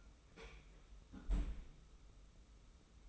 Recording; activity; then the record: daily activity, microphone in the room; close fridge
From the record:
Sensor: 1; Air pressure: 991.0 hPa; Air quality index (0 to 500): 110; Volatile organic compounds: 109 ppm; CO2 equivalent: 3809 ppm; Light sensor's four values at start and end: 22/53/22/24 and 22/53/22/24